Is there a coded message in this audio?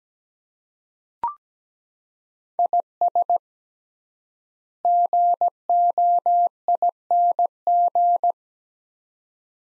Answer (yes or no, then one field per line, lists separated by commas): yes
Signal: Morse code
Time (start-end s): 2.6-8.3 s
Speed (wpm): 17 wpm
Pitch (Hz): 700 Hz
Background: none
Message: IS GOING